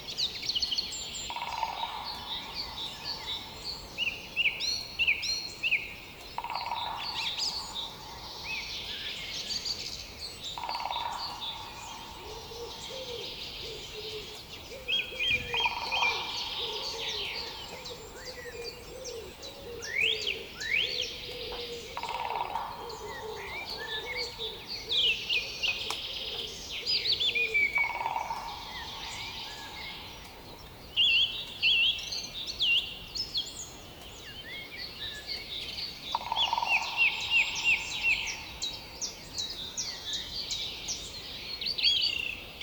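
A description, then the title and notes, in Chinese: Dawn chorus of many birds chirping densely high and bright, with a lower cooing call repeating every few seconds and steady background hiss. 黎明合唱，Rusava，捷克共和国。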